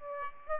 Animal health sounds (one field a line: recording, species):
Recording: mosquito wingbeat signal from an infrared sensor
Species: Aedes aegypti